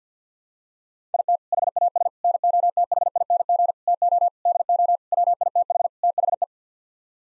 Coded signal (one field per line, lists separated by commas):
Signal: Morse code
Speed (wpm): 50 wpm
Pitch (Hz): 700 Hz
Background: none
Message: IT HAS NOTHING TO DO WITH THE